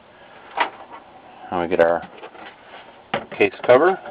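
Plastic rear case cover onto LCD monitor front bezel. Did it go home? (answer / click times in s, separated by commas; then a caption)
no / none. The plastic rear case cover of a Samsung 920N / 920NW LCD monitor is handled during reassembly, before it is pressed onto the monitor's front bezel, while someone talks. Only faint handling noise is heard between the speech, and nothing has seated or clicked yet.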